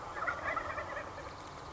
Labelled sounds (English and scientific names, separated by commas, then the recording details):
Wild Turkey (Meleagris gallopavo)
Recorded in Sonoma County, California